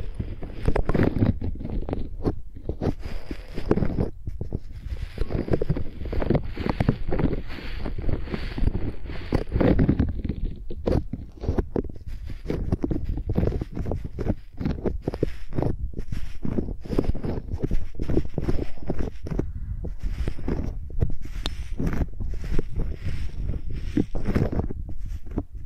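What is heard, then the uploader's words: Microphones used like pencils make a dense, continuous run of scratchy, rubbing strokes and soft taps, rapid and uneven, with no talking. ASMR Using Mics as Pencils (No Talking).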